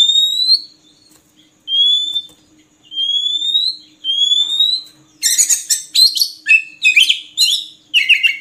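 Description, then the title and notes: Oriental magpie-robin song, four clear rising whistles separated by short pauses, followed by a burst of rapid, varied, harsher warbling notes. Long-duration song used to train kept birds to sing actively, day and night. "Kacer Jadi Gacor Siang Malam. Isian Kacer Durasi Panjang"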